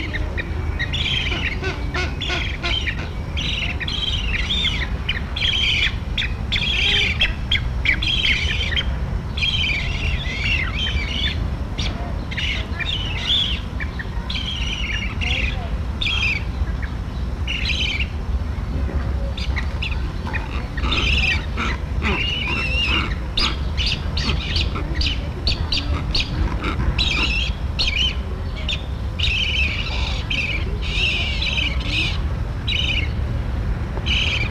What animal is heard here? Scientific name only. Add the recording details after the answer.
Threskiornis spinicollis. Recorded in captivity. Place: Zoo Basel, CH. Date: 1968-07-19. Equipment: Halbspur, 9,5 cm/s. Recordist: Lütgens, Hans